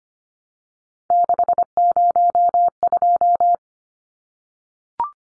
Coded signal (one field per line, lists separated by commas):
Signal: Morse code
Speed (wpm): 25 wpm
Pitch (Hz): 700 Hz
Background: none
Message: 602